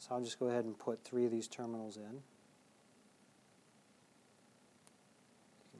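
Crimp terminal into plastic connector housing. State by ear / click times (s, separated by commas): seated / 4.9 s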